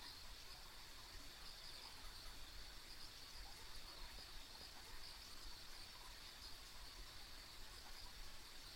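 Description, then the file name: Insect chorus of high, repeated chirping pulses over a shimmering trill, with a soft low rumble underneath. Ambient insect sounds on a rural country road. "田舎道の虫の環境音"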